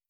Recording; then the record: hydrophone in a shrimp aquaculture tank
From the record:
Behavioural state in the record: starved